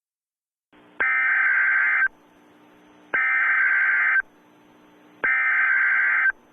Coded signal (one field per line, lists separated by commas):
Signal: Emergency Alert System (SAME) tones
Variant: header bursts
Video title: Retro Halloween Emergency Alert Event